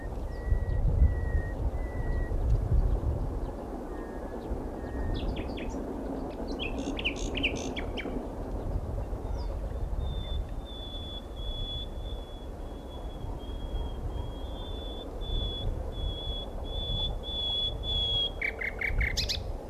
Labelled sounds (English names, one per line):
Common Nightingale song